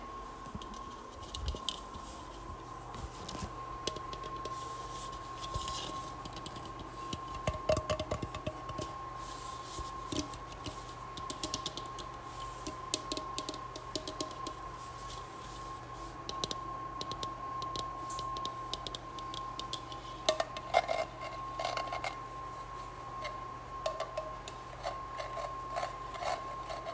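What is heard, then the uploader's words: Washing and drying a large bowl: a steady tone near 1 kHz hums beneath frequent clinks, scrapes and rubbing, busiest around eight and twenty-one seconds. ASMR Washing and Drying Large Bowl.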